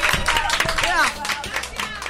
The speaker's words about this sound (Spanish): ¡Un aplauso!